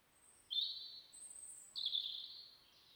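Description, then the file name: European robin song: two high, thin drawn-out phrases about a second apart, the second slightly wavering, with a very faint higher note above. "Erithacus rubecula"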